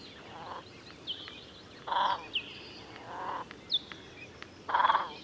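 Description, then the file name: Great crested grebe uttering four rasping, nasal croaks, loudest near the end, with sharp high chirps between them. "Svasso Maggiore"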